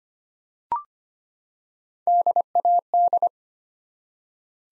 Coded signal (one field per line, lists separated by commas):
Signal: Morse code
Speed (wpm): 25 wpm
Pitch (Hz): 700 Hz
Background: none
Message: DAD